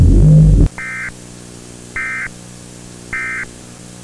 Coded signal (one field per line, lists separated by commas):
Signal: Emergency Alert System (SAME) tones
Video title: EAS Oddity (7/23/2008)